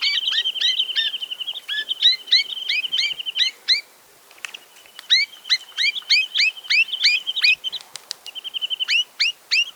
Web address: Chinese nuthatch. صدای-پرنده-کمرکولی-چینی